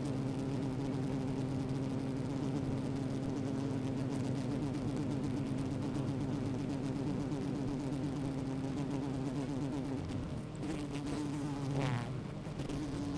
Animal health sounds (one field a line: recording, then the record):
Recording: honeybee colony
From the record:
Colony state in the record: active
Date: 28 July 2017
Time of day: 12:15